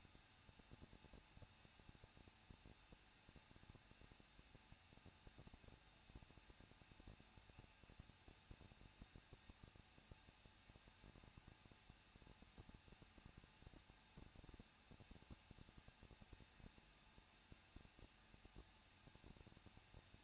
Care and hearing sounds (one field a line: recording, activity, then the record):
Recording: daily activity, microphone in the room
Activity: no activity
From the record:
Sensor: 2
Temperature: 21.0 degrees Celsius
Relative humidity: 37.4%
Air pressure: 1006.2 hPa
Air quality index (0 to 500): 222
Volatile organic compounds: 24 ppm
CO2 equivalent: 2808 ppm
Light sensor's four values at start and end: 2/3/2/2 and 2/3/2/2